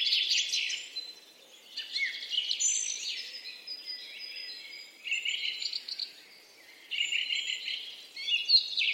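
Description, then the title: Birds singing in several bursts of high, bright chirps and twittering phrases, with short quieter gaps between them. "Birds Singing - Nature Sounds, Birds Chirping"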